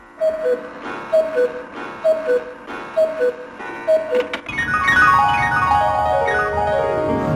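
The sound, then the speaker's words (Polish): A cuckoo clock time signal on Polish Radio Program Three (Trójka) sounds the hour at 5 p.m. on Friday, 10 January 2020: about six evenly spaced two-note cuckoo calls, then a bright cascade of descending chiming tones that fills the remainder. No one speaks. “No nie wiem, czy można powiedzieć, że kukułka odtrąbiła swoje, ale tak się stało.”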